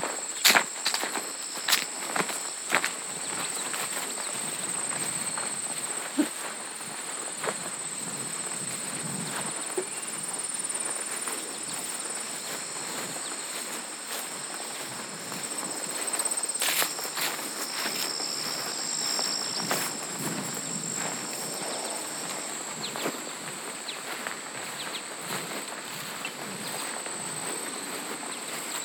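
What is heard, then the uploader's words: Horse hooves step along a farm trail, the footfalls coming as sharp, irregular knocks clustered in the opening seconds and scattered through the rest. A steady high insect whine runs underneath throughout, with a soft outdoor hush and little low-end sound. Footfalls on a Farm Trail. Footsteps of your equine friends on the Eastmanville Farm Trail in Coopersville, Michigan.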